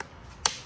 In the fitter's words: So once you fix it, you will hear a click sound, and